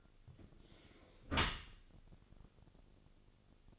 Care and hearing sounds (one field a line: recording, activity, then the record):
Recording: daily activity, microphone in the room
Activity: close dishwasher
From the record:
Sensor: 4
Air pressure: 1001.2 hPa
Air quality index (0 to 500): 179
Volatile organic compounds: 2 ppm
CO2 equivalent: 1280 ppm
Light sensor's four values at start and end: 11/25/10/11 and 11/25/10/11